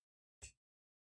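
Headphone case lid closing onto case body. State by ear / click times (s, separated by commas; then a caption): not seated / none. The lid of a bone-conduction headphone carrying or charging case, likely plastic, is handled against the case body. A single short, broadband clack sounds from about 0.4 to 0.6 s, with a low thump and bright upper highs, then silence. The lid is only being handled, and nothing has seated or clicked shut yet.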